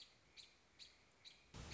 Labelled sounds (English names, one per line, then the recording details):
American Robin
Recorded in Sonoma County, California